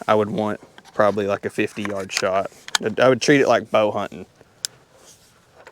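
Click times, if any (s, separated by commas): 4.6 s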